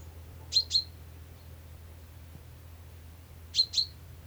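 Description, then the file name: Common chaffinch giving two doubled high chips, the pairs roughly three seconds apart, with a low constant background drone. "Fringilla coelebs"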